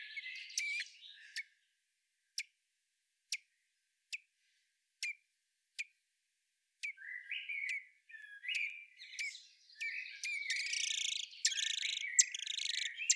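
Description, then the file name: Common blackbird giving evenly spaced sharp chink calls, then busy scratchy chattering and warbling. "Turdus merula"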